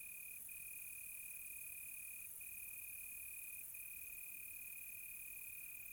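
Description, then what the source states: Cricket giving a sustained even trill broken by three brief gaps, with a shrill insect hum above. Crickets on a quiet tropical night, recorded close.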